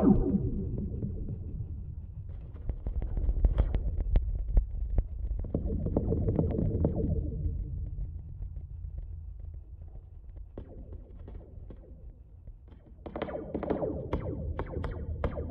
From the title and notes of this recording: After the wind and rain stopped, we took to hitting and strumming the guy-wires to activate them.